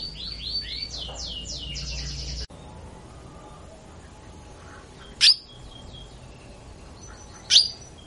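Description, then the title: Canary rolling trill that cuts off abruptly, followed by quiet soft notes and two loud sharp chips. Sound of a female canary in heat, used as a lure to stimulate Belgian canaries and as therapy for canaries that will not sing. "Canto Para Esquentar Canário Belga. Pancingan suara kenari betina birahi untuk TERAPI KENARI MACET bunyi"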